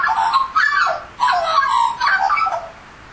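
Australian magpie giving four quick, rich warbling phrases of mellow, liquid notes, each lasting under a second.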